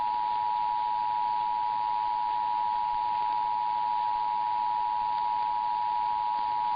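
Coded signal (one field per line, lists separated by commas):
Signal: Emergency Alert System (SAME) tones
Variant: 853 and 960 Hz attention tone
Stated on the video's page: Required monthly tests from Kentucky and Pennsylvania.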